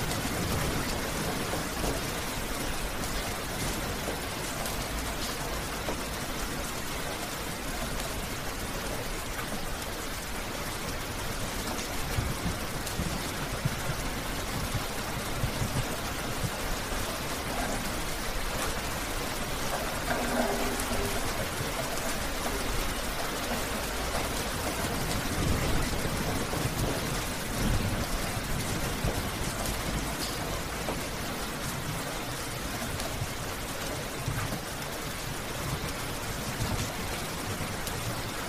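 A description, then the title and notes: Light rain falls in a steady, dense patter that fills the whole clip with an even hiss and fine crackle. Loudness stays nearly constant, with a slightly fuller, deeper stretch after about 25 seconds and a brief low tone near 20 seconds. Gentle, Light Rain Falling on the Ground. Focusrite Scarlett 2i2 Audio interface.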